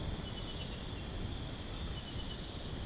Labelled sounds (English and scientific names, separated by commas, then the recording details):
none
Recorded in pastures near Puerto Asís, Putumayo, Colombia, on 21 March 2025 at 01:30
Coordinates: 0.497, -76.327
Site G072